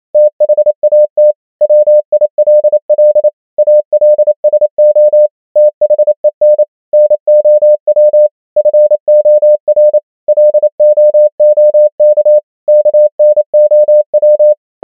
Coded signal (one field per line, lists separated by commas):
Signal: Morse code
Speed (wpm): 28 wpm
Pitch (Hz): 600 Hz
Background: none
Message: THAT WILL ALSO THEN NOW FOR LOOK KNOW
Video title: morse code practice | 28wpm | 100 most common words | ENGLISH